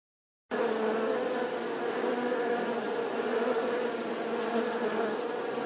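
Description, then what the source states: Honey bee swarm buzzing: after a half-second of silence a full, steady drone of many wings starts abruptly and continues evenly to the end. Bee swarm buzzing outside the hive.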